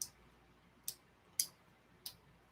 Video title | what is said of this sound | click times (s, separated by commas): Brian Builds a Gundam - RX-0 Unicorn (Gold) Pt. 3 | so they just kind of just click right in all | 0.9 s, 1.4 s